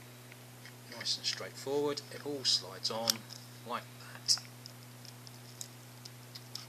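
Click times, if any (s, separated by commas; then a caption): 6.6 s. Someone talks while the metal slide and top parts of a KWC 4.5mm blowback BB replica Mauser M712 Schnellfeuer pistol are slid back onto the frame during reassembly, done to avoid having to push a small plate back in again. Small sharp ticks and clicks follow as the parts slide on and the catch is pushed down to lock it. The slide clicks into place at 6.6 s and is seated.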